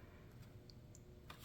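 The flap of a paper folder is being handled as it is brought closed toward its magnetic snap closure. Only faint, light ticks of handling are heard at about 0.7, 1.0 and 1.3 seconds over a quiet background. The clip ends before the magnet snaps together, so nothing has seated or clicked yet.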